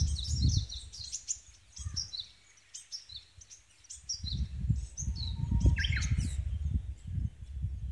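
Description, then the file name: Japanese bush warbler singing a level drawn-out whistle that breaks into a brief twisting phrase, amid busy high-pitched chirping of other birds and a low background rumble. Recorded at a temple on May 5. "５月５日前山寺ウグイス"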